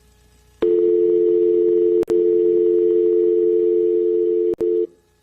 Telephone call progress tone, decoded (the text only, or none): dial tone